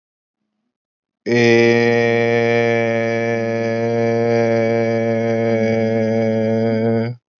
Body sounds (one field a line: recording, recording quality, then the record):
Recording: sustained vowel as in made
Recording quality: excellent, no background noise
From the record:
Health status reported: healthy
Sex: male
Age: 27 years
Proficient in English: yes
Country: India